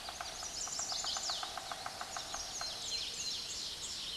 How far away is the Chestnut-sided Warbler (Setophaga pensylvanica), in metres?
about 10 m